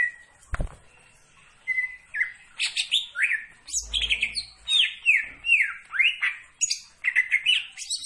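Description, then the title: Greater green leafbird song of sweeping whistles and harsh chirps; a sharp click early on and a low rumble briefly in the background. Singing actively. "Cucak Ijo Gacor"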